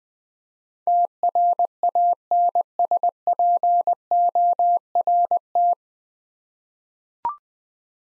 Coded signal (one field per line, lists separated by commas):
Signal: Morse code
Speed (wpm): 20 wpm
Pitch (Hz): 700 Hz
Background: none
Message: TRANSPORT